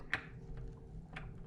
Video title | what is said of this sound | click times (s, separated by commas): Torque Wrench Rebuild & Cal | that's the click like that so | 0.1 s